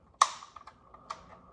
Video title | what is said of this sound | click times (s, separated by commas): UNBOX + UPDATES!! | Hear that click? | 0.2 s